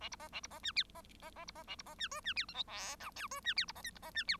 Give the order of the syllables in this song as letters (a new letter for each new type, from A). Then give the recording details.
A B C A B C D E C C C B C A B C D F D E G H I J K F D E B C L B C D E. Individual Bird1